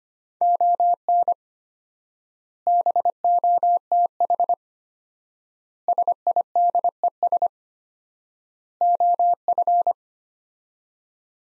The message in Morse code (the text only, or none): ON BOTH SIDES OF